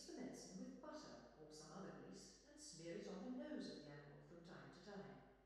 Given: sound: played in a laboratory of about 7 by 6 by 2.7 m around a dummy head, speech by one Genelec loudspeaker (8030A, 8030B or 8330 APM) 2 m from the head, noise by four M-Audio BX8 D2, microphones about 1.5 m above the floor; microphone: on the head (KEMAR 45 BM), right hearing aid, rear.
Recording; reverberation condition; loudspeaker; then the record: female speech in English; high; 90 degrees to the left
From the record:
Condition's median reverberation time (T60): about 1300 ms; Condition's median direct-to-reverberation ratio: about -4.0 dB